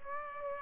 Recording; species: mosquito wingbeat signal from an infrared sensor; Aedes aegypti